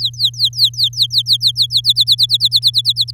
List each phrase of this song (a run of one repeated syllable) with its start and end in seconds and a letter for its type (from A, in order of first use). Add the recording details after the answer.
0.01-1.81 A, 1.84-3.11 B. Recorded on 7 May 2018 at 17:10. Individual llb16